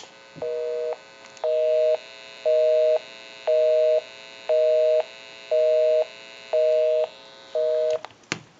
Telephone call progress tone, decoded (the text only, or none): busy tone